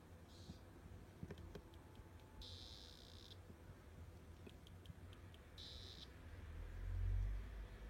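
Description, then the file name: Splash-backed poison frog calls: high buzzy trills lasting under a second, given three times over a steady low rumbling background with scattered clicks. Southern population; calling. "ranitomeya variabilis southern calling"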